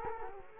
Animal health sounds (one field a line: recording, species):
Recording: mosquito wingbeat signal from an infrared sensor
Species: Culex quinquefasciatus